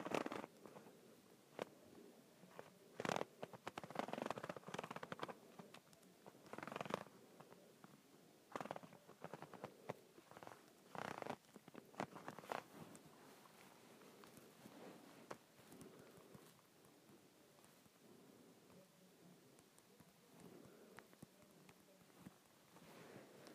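A handle is twisted and turned in irregular bursts of rattling, scraping clicks, busiest in the first half and thinning to quieter fidgeting later.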